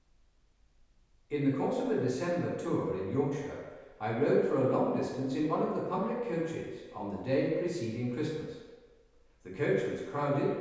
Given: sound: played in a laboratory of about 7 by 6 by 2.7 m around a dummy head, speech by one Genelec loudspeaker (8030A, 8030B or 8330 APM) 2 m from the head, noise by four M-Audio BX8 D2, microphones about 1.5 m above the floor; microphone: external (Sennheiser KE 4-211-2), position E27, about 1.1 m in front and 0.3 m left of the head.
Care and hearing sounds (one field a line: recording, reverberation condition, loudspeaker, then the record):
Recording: male speech in English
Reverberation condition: high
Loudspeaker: 150 degrees to the left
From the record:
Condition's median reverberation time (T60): about 1300 ms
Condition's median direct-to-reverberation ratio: about -4.0 dB